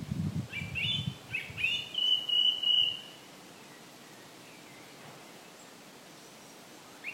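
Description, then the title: Bird song, a few sharp whistled notes running into a sustained trilled phrase, then quiet background with one faint note near the end. Ross Island, County Kerry, Ireland. "爱尔兰凯里罗斯岛罗斯岛鸟儿的声音"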